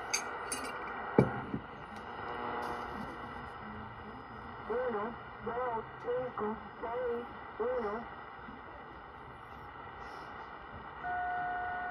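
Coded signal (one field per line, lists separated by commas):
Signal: numbers station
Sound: faint voice speaking about six short evenly spaced words through heavy shortwave static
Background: radio static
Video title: Cuban Numbers Station 11.635 Mhz 1/28/23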